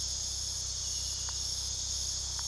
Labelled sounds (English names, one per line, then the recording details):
none
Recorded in pastures near Puerto Asís, Putumayo, Colombia, on 20 February 2024 at 03:00
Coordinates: 0.486, -76.323
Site G6462